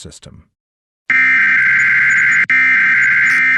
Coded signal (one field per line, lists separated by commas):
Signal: Emergency Alert System (SAME) tones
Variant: header bursts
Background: speech